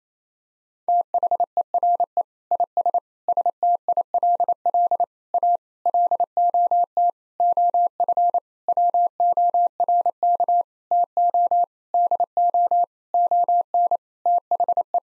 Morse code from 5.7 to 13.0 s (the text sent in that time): LOT OF WORK TO DO